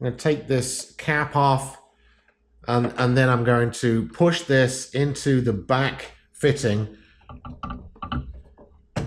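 Someone talks while the cap is taken off a black ink tube, which is then handled toward the back fitting of an industrial inkjet printer, with light handling taps near the end. Nothing has seated or clicked yet.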